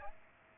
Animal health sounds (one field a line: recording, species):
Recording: mosquito wingbeat signal from an infrared sensor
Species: Aedes aegypti